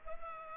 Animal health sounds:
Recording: mosquito wingbeat signal from an infrared sensor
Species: Culex pipiens

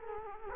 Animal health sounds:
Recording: mosquito wingbeat signal from an infrared sensor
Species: Culex quinquefasciatus

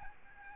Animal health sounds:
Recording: mosquito wingbeat signal from an infrared sensor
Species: Aedes albopictus

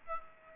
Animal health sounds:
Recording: mosquito wingbeat signal from an infrared sensor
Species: Aedes aegypti

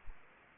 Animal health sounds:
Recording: mosquito wingbeat signal from an infrared sensor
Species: Aedes aegypti

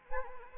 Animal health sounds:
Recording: mosquito wingbeat signal from an infrared sensor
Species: Anopheles arabiensis

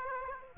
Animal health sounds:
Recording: mosquito wingbeat signal from an infrared sensor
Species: Aedes aegypti

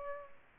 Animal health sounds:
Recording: mosquito wingbeat signal from an infrared sensor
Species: Aedes aegypti

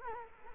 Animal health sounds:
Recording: mosquito wingbeat signal from an infrared sensor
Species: Culex quinquefasciatus

